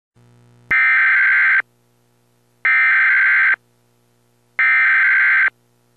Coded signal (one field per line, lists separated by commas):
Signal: Emergency Alert System (SAME) tones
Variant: header bursts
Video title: EAS Tornado Warning